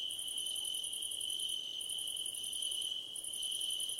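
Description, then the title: Crickets chirping in chorus: a steady high continuous trill beneath bursts of rapid, very high pulsed chirps that pause briefly. Crickets at night under a starlit sky. "Nighttime Ambience with Crickets"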